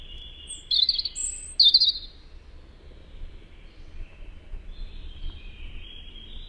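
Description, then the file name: European robin song: two bright, high, thin warbled phrases close together early on, then only faint twittering over a low background rumble. "Erithacus rubecula"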